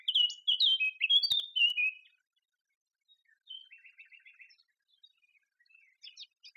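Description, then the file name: Eurasian blackcap song: a loud two-second fluted phrase, followed by a soft rapid trill of repeated notes and faint twittering. "Sylvia atricapilla"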